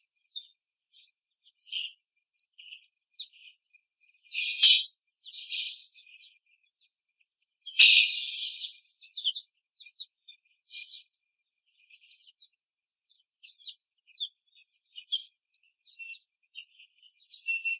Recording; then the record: young laying hens in a cage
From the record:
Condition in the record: before the stressor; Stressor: simulated dog barking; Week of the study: 3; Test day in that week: 1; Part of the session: 4